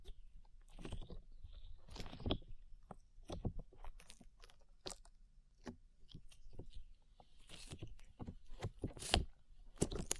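Slime being squished and pressed, with irregular sticky pops and crackles every second or so, some louder snaps around nine seconds.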